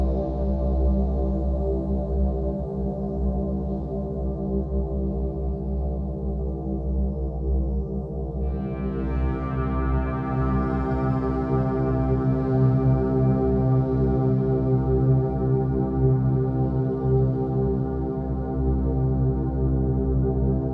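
Binaural beats: a steady, unbroken drone of stacked low tones, with the deepest hum strongest throughout. Around eight seconds, brighter overtones join above and the sound thickens slightly, then holds level to the end with a faint slow pulsing.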